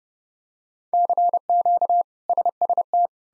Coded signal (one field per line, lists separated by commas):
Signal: Morse code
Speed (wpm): 30 wpm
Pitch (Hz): 700 Hz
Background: none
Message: CQ SST